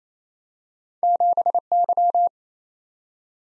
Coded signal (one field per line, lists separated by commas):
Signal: Morse code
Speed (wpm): 28 wpm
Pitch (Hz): 700 Hz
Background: none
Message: 7Y